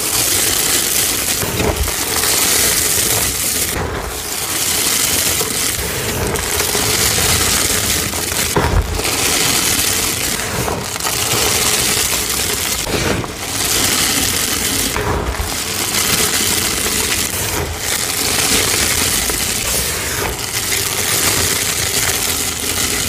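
Zote flakes are poured and dusty gym chalk reforms are crushed in a dense, steady, bright rustling hiss that never lets up. Short breaks and sharper cracks come every two to three seconds, giving the crumbling a loose, uneven rhythm.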